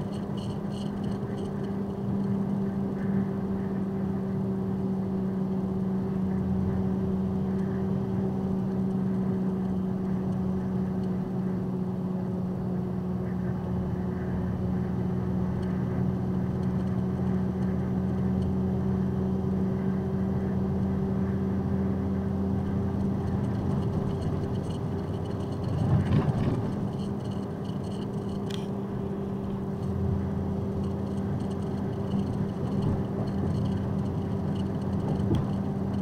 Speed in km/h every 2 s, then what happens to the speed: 108, 106, 103, 103, 101, 100, 98, 100, 101, 103, 105, 106, 109, 108, 106, 106, 106, 106.
0-12 slows to 98. 12-24 speeds up to 109. 24-36 steady at about 106.